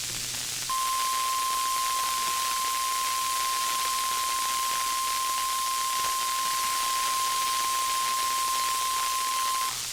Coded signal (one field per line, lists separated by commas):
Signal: Emergency Alert System (SAME) tones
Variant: 1050 Hz attention tone